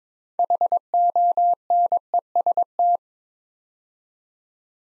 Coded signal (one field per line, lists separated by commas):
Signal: Morse code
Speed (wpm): 22 wpm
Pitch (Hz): 700 Hz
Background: none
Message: HONEST